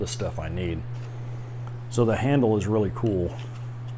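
Someone talks while handling the hard plastic two-piece carry handle of an Aerocoast PRO Crew I flight bag, with a steady low hum underneath. Nothing has seated or clicked yet; the handle halves have not been pressed together and locked.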